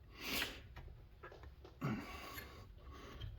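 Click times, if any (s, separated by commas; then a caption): none. A brake pad retaining center pin is rotated and aligned so it is clocked correctly in the front brake caliper of a C8 Z51, during a front pad change with DFC5000 pads done without taking the caliper off. Soft rubbing and breathy noise swell around 0.3–0.5 s and 1.8–2.0 s, with small handling taps near 0.8, 1.4 and 1.7 s. The pin is still being clocked, and nothing has seated or clicked yet.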